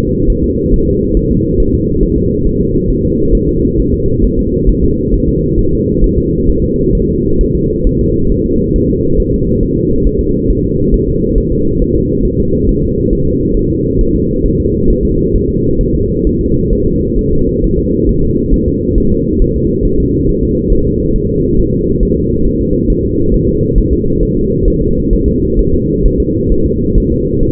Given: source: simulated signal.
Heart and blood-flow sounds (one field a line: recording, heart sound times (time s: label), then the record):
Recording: fetal heart sounds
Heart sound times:
0.00 s: S2
0.30 s: S1
0.44 s: S2
0.74 s: S1
0.88 s: S2
1.17 s: S1
1.31 s: S2
1.60 s: S1
1.74 s: S2
2.03 s: S1
2.18 s: S2
2.47 s: S1
2.61 s: S2
2.90 s: S1
3.05 s: S2
3.35 s: S1
3.49 s: S2
3.80 s: S1
3.94 s: S2
4.24 s: S1
4.39 s: S2
4.69 s: S1
4.84 s: S2
5.14 s: S1
5.29 s: S2
5.59 s: S1
5.73 s: S2
6.04 s: S1
6.18 s: S2
6.49 s: S1
6.64 s: S2
6.95 s: S1
7.09 s: S2
7.41 s: S1
7.55 s: S2
7.87 s: S1
8.01 s: S2
8.32 s: S1
8.46 s: S2
8.76 s: S1
8.90 s: S2
9.20 s: S1
9.34 s: S2
9.63 s: S1
9.78 s: S2
10.07 s: S1
10.21 s: S2
10.50 s: S1
10.65 s: S2
10.94 s: S1
11.09 s: S2
11.38 s: S1
11.52 s: S2
11.82 s: S1
11.96 s: S2
12.25 s: S1
12.40 s: S2
12.69 s: S1
12.83 s: S2
13.13 s: S1
13.27 s: S2
13.57 s: S1
13.71 s: S2
14.01 s: S1
14.16 s: S2
14.46 s: S1
14.60 s: S2
14.90 s: S1
15.05 s: S2
15.36 s: S1
15.50 s: S2
15.81 s: S1
15.95 s: S2
16.27 s: S1
16.41 s: S2
16.73 s: S1
16.87 s: S2
17.19 s: S1
17.33 s: S2
17.64 s: S1
17.79 s: S2
18.09 s: S1
18.24 s: S2
18.54 s: S1
18.68 s: S2
18.98 s: S1
19.12 s: S2
19.42 s: S1
19.56 s: S2
19.85 s: S1
20.00 s: S2
20.29 s: S1
20.43 s: S2
20.73 s: S1
20.87 s: S2
21.16 s: S1
21.30 s: S2
21.59 s: S1
21.74 s: S2
22.03 s: S1
22.17 s: S2
22.46 s: S1
22.61 s: S2
22.90 s: S1
23.05 s: S2
23.34 s: S1
23.49 s: S2
23.78 s: S1
23.93 s: S2
24.23 s: S1
24.37 s: S2
24.68 s: S1
24.82 s: S2
25.13 s: S1
25.28 s: S2
25.59 s: S1
25.74 s: S2
26.06 s: S1
26.20 s: S2
26.52 s: S1
26.66 s: S2
26.98 s: S1
27.12 s: S2
27.43 s: S1
From the record:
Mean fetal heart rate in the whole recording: 135 bpm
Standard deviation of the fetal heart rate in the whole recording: 3 bpm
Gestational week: 36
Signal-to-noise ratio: -15.3 dB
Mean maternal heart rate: 72 bpm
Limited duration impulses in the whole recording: present